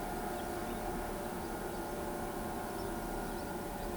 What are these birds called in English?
none